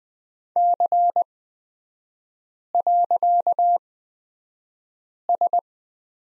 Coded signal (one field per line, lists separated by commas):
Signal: Morse code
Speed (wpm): 20 wpm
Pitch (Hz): 700 Hz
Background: none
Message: C.S